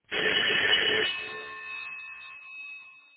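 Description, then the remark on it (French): A loud, insistent doorbell ring: about a second of harsh, buzzy ringing, then a bright ringing tone that lingers and slowly decays. No voices are heard. “Un coup de sonnette impérieux.”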